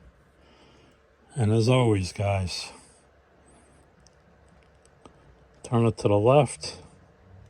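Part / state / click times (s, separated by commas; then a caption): airbrush component turned on airbrush body / not seated / none. An airbrush component is turned to the left on the airbrush body while someone talks, with a few faint, small ticks of handling between about 4 and 5 seconds. Nothing has seated or clicked yet; the clip ends before the part goes home.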